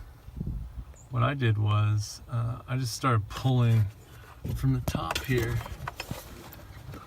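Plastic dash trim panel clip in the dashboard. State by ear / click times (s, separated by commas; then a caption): released / 5.9 s, 6.0 s. Someone talks while a plastic dash trim panel on a Jeep JK dashboard is pulled from the top to reach the hot/cold air actuator. Two sharp pops at 5.9 and 6.0 s are its snap clips releasing from the dash, followed by fainter clicks. The panel clip pops loose.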